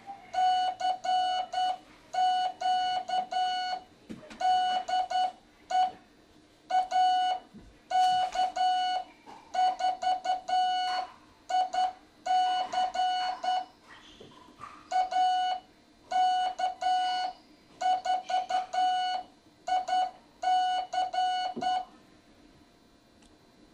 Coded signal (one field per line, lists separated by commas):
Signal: Morse code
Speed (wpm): 10 wpm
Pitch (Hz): 740 Hz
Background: none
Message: CQ DE AK4IC AK4IC